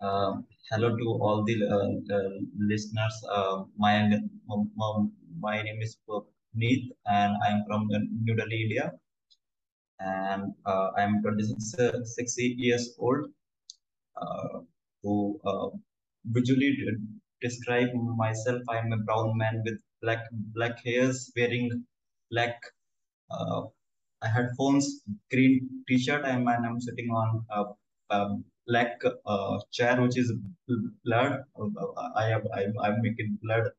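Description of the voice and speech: Speech of a 26-year-old man who stammers, with word and part-word repetitions, frequent 'uh' fillers and long silent blocks, typical of stuttering. His stammering began late, around age 8 or 9, and he has never had speech therapy.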